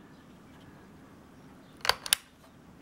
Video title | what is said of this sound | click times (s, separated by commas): RAM Upgrade, Sony VAIO S VPCS Laptop | beautiful you heard that click so it just clicked then into into these locking tabs | 1.9 s, 2.1 s